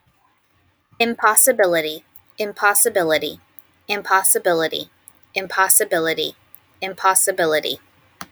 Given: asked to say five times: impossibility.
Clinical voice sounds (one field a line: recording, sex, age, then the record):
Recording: repeated word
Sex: female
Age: 30 to 39 years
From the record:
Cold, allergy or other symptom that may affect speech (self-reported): no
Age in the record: 37 years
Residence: New York, United States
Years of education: 14